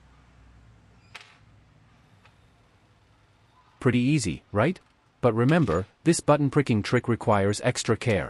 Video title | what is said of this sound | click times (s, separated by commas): Asus Keyboard Acting Up? How to Repair Without Replacing | Now it's time for us to put the keys back in until we hear a click sound. | 1.2 s